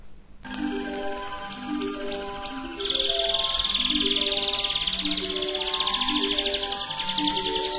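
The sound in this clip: Canary song, a few sharp notes then a long rapid rattling trill from about three seconds on, over repeating melodic music.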